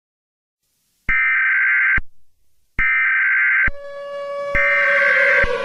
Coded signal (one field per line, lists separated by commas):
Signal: Emergency Alert System (SAME) tones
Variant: header bursts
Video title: EAS Scenario 1